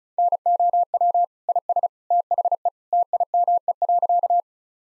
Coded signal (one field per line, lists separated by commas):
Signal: Morse code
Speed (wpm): 36 wpm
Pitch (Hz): 700 Hz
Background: none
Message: NOW IS THE TIME.